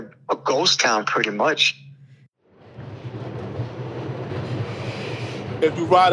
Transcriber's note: SOUND of riding the train to the Bronx